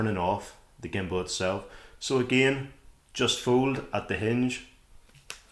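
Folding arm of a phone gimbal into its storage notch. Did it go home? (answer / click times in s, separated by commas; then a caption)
yes / 5.3 s. Someone talks while folding the plastic arm of a DJI Osmo Mobile 6 phone gimbal at the hinge, around behind the handle, to store it. At 5.3 s a short, sharp click is heard as the arm seats into its small storage notch.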